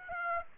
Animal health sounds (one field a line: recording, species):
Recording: mosquito wingbeat signal from an infrared sensor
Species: Aedes aegypti